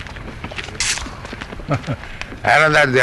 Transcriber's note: laughs